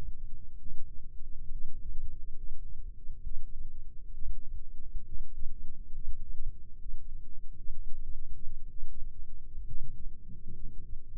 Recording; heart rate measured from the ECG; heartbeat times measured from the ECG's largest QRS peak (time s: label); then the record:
heart sounds by microphone in the left ear; 66 bpm
0.56 s: heartbeat
1.48 s: heartbeat
2.33 s: heartbeat
3.21 s: heartbeat
4.11 s: heartbeat
5.02 s: heartbeat
5.90 s: heartbeat
6.75 s: heartbeat
7.68 s: heartbeat
8.65 s: heartbeat
9.63 s: heartbeat
10.53 s: heartbeat
From the record:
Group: healthy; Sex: female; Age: 22 years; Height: 154 cm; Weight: 58.7 kg